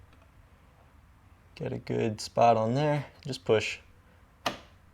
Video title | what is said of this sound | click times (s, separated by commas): The BEST Door Handle Gaskets for E32, E34, E36 /// Shogun Door Handle Gasket Installation | till it clicks, just like that. It's all the way forward. | 4.5 s